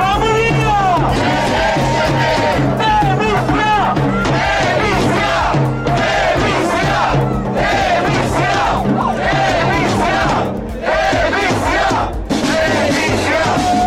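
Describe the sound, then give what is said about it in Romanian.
A protest crowd of over 1,000 people chants loudly in unison in Piața Victoriei, Bucharest, against proposed changes to the justice laws, many voices rising and falling in a steady rhythmic pattern with shouted syllables, continuous for the whole stretch without pause. “În Piața Victoriei din București, peste 1000 de persoane au protestat din nou aseară față de propunerile de modificare a legilor justiției.”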